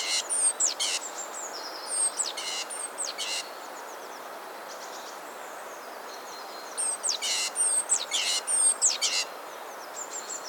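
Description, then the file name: Great tit calls in two bursts of high thin descending notes mixed with harsh buzzy chatter, separated by a few quiet seconds with steady background hiss. "Parus major"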